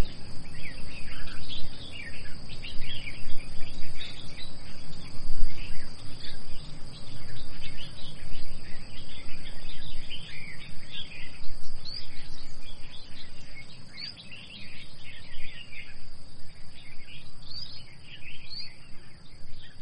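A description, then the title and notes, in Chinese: An airplane passes over open hill country, heard as a steady low rumble that swells and eases slightly across the twenty seconds. Scattered bird chirps come through often, and a thin, constant insect whine sits high above everything. 飞机飞过山野。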